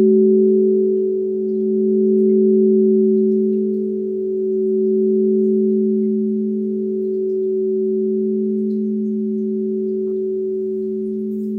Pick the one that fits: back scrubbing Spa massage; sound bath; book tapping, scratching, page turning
sound bath